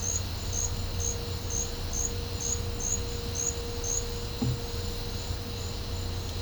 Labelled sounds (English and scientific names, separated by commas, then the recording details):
none
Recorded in pastures near Puerto Asís, Putumayo, Colombia, on 20 December 2024 at 12:00
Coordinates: 0.502, -76.324
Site G077